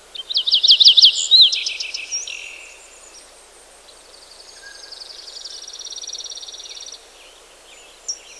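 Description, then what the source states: Bird song: a quick burst of loud twittering notes, then a long dry buzzy trill lasting a few seconds, over a steady background hiss. Ambient birdsong.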